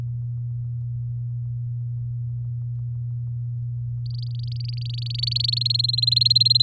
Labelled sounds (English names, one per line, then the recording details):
Domestic Canary song
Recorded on 6 May 2018 at 17:36
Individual llb16